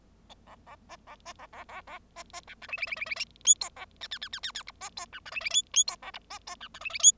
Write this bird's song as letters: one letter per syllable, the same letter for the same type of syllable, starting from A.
A A B A B A A A A B B C D E E E E E F G A H H H H H H I B G C D E E F F G A I B G C D E E F